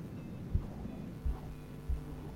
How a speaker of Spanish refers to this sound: Sí, parece lluvia. Es mi gata haciéndose mimos contra el micrófono. La Oli.